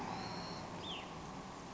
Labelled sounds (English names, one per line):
Hutton's Vireo